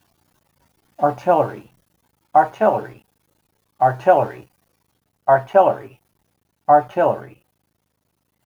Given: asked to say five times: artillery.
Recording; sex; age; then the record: repeated word; male; 50 to 59 years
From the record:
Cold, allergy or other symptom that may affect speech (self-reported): no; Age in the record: 57 years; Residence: Virginia, United States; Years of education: 17